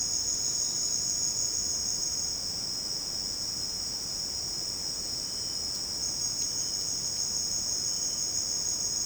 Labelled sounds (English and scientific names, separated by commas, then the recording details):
none
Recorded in dense forest near Puerto Asís, Putumayo, Colombia, on 22 June 2025 at 16:00
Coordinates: 0.499, -76.324
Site G100